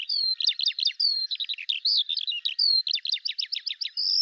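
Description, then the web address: Bird singing high, with a steady whistle followed by bursts of quick descending chirps, repeated in a lively, continuous pattern. "Deverinetal 2025 File cleaned normalized Bird Al Ar"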